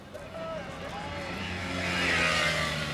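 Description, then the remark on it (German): A car drives up, its low engine rumble and broad tyre hiss growing steadily louder over a few seconds. “Was ist denn das für ein Wagen? Komm, steig ein.”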